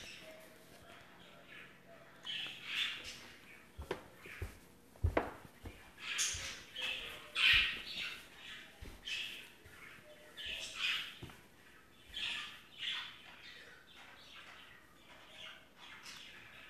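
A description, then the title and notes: Budgies chatter almost nonstop in bright, scratchy bursts of squawks and chirps, rising and falling every second or so. A few sharp clicks or taps stand out around five and seven seconds, and a faint low hum runs underneath the busy chatter. Budgie Sounds.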